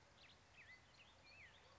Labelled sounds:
Black-headed Grosbeak

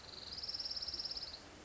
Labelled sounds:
Orange-crowned Warbler

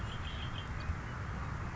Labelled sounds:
Red-winged Blackbird

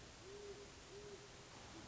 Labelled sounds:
Great Horned Owl

